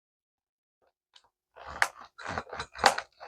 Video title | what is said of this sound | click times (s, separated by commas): Je teste ma nouvelle règle Diamants Ronds avec les Strass 😉 Toile Minnie Disney ➡️ #action | Vous entendez les clicit ? | 1.8 s, 2.9 s